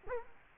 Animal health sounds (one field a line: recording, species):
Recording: mosquito wingbeat signal from an infrared sensor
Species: Culex quinquefasciatus